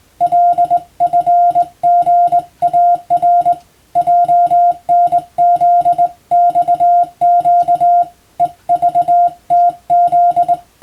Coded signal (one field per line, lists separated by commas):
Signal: Morse code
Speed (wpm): 20 wpm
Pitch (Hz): 700 Hz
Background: music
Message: LFGAR JNZXQ EVTZ